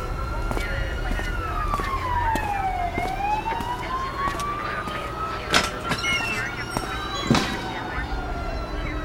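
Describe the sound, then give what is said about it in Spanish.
An ambulance siren at an emergency scene wails in one long, slow sweep, dipping in pitch and then climbing back, over a steady low engine rumble with scattered sharp knocks and faint muffled voices. “Está en aquella ambulancia, en la número 53.”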